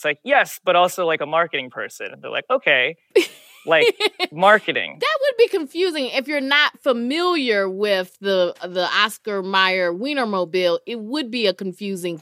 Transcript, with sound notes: And it's like, yes but also, like, a marketing person. And they're like, OK... (Laughter) ...Like, marketing.
That would be confusing. If you're not familiar with the Oscar Mayer Wienermobile, it would be a confusing thing.